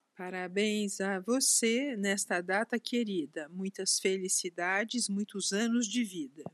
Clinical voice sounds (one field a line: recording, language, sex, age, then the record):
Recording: short text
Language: Brazilian Portuguese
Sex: female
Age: 60 to 69 years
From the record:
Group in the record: control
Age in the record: 69 years